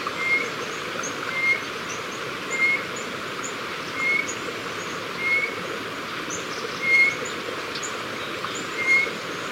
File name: Grallaria hypoleuca - White-bellied Antpitta